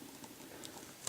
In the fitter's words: that snaps back in on top there